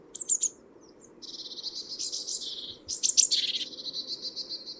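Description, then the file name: Great tit with a few sharp high notes, then a long, dense buzzy churring run, broken by another burst of sharp notes and harsh rattle. "Parus major"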